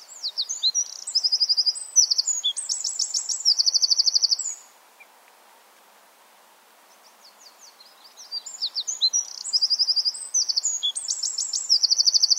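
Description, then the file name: Eurasian wren singing a long, energetic phrase of shrill trills and rattles for over four seconds, then a pause before a second vigorous bout begins. "Troglodytes troglodytes"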